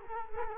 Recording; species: mosquito wingbeat signal from an infrared sensor; Culex quinquefasciatus